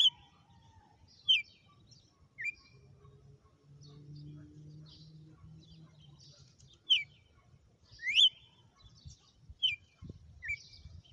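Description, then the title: Red-cowled cardinal song: scattered bright whistled slurs, a quiet pause with a faint low hum, then several more notes. Female; sang one lash (açoite) of song after another today. "Canto Galo Campina Fêmea. Galo de campina,hj foi um açoite atrás do outro"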